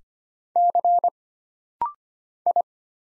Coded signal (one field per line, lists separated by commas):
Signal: Morse code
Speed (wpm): 25 wpm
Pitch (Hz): 700 Hz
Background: none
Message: C I